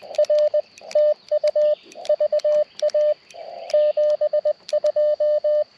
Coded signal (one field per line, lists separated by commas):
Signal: Morse code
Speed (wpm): 21 wpm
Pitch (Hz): 590 Hz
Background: radio noise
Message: R TU VA 72